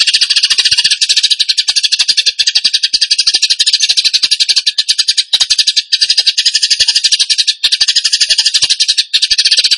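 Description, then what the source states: Bird song: a nearly unbroken buzzy torrent of high pulsed notes lasting the whole stretch, with occasional momentary dips. Training recording (masteran) of a bird singing in the tembakan gacor style.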